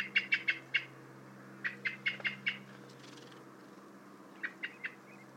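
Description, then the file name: Common blackbird giving quick runs of sharp chinking notes, three groups of three to five notes each, separated by brief silences. "Turdus merula"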